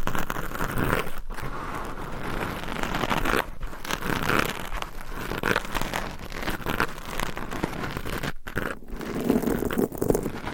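Mic scratching fills the recording with dense, rough crinkling and crunching that covers low and high sounds alike. The rubbing is continuous, broken by brief silent gaps near 1, 3.5, 8.4 and 8.8 seconds, with a slightly brighter, heavier stretch toward the end.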